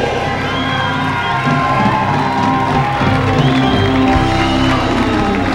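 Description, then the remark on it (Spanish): A crowd cheers and applauds loudly and steadily as comedian Polo Polo is introduced on stage, with whoops and shouts rising over a dense wash of clapping that holds for several seconds. “Ojalá y así me aplaudieran al final, cabrón.”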